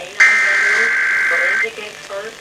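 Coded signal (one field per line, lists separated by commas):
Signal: Emergency Alert System (SAME) tones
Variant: header bursts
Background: speech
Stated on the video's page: Monthly EAS tests.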